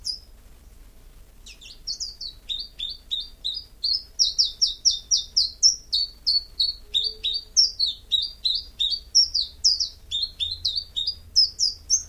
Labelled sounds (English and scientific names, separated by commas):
Common Chiffchaff (Phylloscopus collybita) song